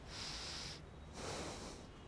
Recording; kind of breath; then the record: one breath in and out by a microphone near the nose and mouth; deep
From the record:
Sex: male